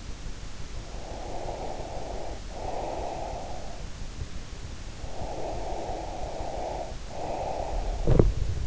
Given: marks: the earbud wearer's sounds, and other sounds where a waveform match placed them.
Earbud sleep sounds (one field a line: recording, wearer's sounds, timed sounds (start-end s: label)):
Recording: sounds in sleep by an in-ear microphone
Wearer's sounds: breath, teeth grinding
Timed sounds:
0.84-3.96 s: breath
4.97-8.67 s: breath
7.96-8.41 s: teeth grinding